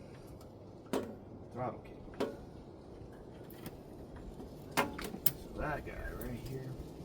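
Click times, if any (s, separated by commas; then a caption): none. While reinstalling the carburetor on a 1980 Ford F-100 pickup, the throttle linkage clip (the "throttle key") is handled against the carburetor throttle lever as someone talks. Scattered short taps and knocks sound over a low steady background, the sharpest near 5.3 seconds. Nothing has seated or clicked into place yet.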